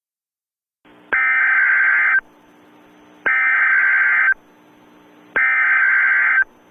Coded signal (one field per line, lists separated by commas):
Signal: Emergency Alert System (SAME) tones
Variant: header bursts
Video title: Tornado Warning/Emergency: Raleigh & Cary NC